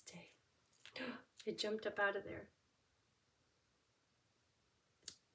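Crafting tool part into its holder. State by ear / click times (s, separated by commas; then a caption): seated / 5.1 s. A piece of a paper-crafting tool that jumped out of its spot is pushed back into its holder while someone talks. After a quiet pause, one sharp click at 5.1 seconds is heard as the part locks into place.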